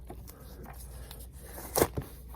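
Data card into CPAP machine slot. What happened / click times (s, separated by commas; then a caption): The card is being handled and is not yet seated, though a sharp knock could pass for a click / none. A small data card (microchip) is handled at the slot of a ResPlus+ CPAP machine, before it is pressed in to lock. Faint handling ticks and rustles sound over a low hum, with a louder brief scrape near 1.8 s. Nothing has seated or clicked yet.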